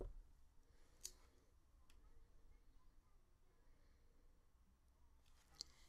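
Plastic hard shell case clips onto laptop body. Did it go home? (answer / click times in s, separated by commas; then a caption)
yes / 1.1 s, 5.6 s. A rubber-coated, see-through plastic GMYLE 3-in-1 hard shell case half is pressed onto the bottom of a 13-inch MacBook Pro, held until no more clicks come. Sharp clip snaps ring out at 1.1 s and 5.6 s over a quiet background with faint handling noise. The case half snaps on and is seated on the laptop body.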